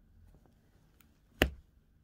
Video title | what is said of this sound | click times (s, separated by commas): How to insert 3D sinker eyes. | and you're gonna hear a big click | 1.4 s